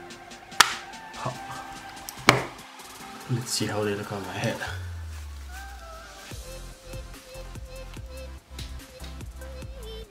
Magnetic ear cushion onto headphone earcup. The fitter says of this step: you don't even have to align them you just put them here and they snap into place